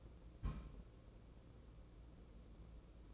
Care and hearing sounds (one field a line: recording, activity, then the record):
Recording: daily activity, microphone in the room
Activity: place on stove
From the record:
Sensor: 1